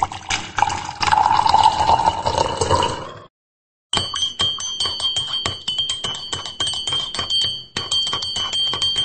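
Early-morning coffee pours into a cup with a splashing, gurgling stream whose pitch rises as it fills, then stops briefly before a steady run of bright, ringing clinks and chimes.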